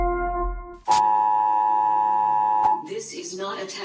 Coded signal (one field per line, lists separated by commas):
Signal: Emergency Alert System (SAME) tones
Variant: 853 and 960 Hz attention tone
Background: speech, music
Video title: Toca boca EAS purge alarm happy ending #tocabocalifeworld